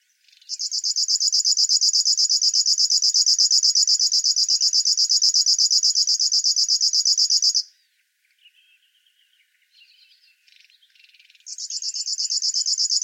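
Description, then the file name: River warbler singing a rapid, rhythmic buzzing series for about seven seconds, then a pause with faint soft notes, before the buzz starts up again. "Schlagschwirl - Locustella fluviatilis"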